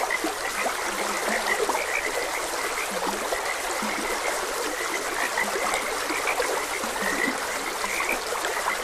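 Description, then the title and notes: Frogs croaking: a dense high chorus with repeated low, short croaks, over steady trickling stream water. Frogs croaking beside a gentle stream. "Frogs Croaking. Sleep and Relaxation Podcast"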